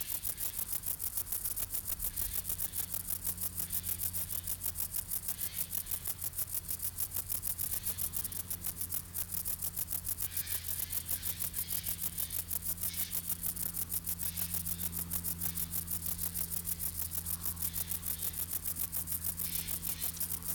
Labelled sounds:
Stripe-winged Grasshopper (Stenobothrus lineatus) stridulation

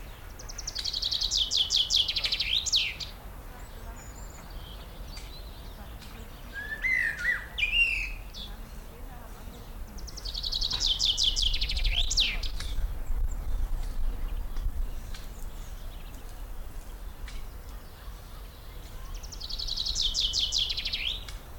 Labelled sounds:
Common Chaffinch (Fringilla coelebs)

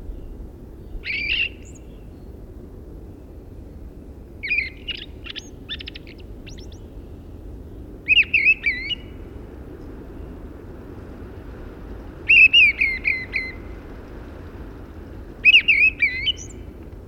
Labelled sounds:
Fieldfare (Turdus pilaris) song

